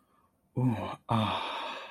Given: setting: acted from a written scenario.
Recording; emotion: vocal sound without words; ecstasy